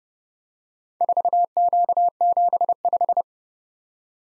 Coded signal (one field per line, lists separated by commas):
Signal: Morse code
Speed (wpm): 29 wpm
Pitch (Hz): 700 Hz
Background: none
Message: 4Q75